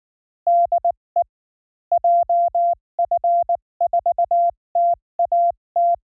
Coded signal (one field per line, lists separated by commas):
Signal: Morse code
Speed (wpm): 19 wpm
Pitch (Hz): 690 Hz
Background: none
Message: DE JF4TAT